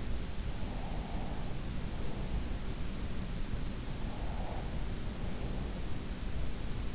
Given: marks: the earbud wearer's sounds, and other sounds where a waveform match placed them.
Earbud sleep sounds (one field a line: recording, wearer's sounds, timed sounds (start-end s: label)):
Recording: sounds in sleep by an in-ear microphone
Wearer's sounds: breath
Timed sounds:
0.67-2.72 s: breath
4.01-5.78 s: breath